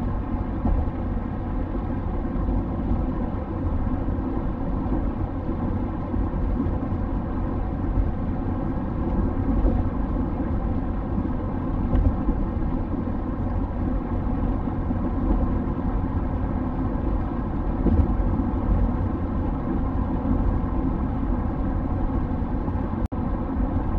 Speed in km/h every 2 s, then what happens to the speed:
94, 94, 94, 94, 94, 94, 94, 94, 94, 94, 94, 94.
0-24 steady at about 94.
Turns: none.